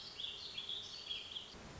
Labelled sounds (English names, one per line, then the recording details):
Warbling Vireo
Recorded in Sonoma County, California